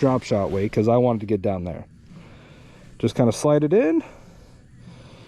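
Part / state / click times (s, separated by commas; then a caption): drop shot weight clip onto fishing line / not seated / none. Someone talks while sliding a small metal drop shot weight of 3/8 to half an ounce, with a line clip, onto fishing line below an overhand knot, using a heavier weight to get down deeper. Speech fills roughly 0 to 1.8 s and 3.1 to 4.0 s, with faint low background noise in between and after. Nothing has seated or clicked yet; the clip ends just before the weight snaps into place.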